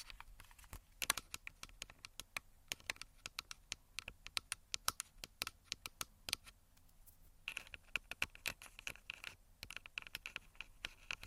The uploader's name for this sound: Tascam Tapping, Scratching, Finger Fluttering